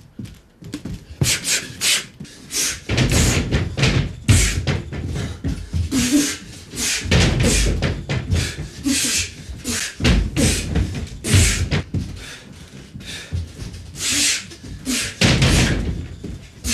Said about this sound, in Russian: Подходит к шкафу. Ударяет по шкафу руками, коленом, головой. Одна створка шкафа распахнулась.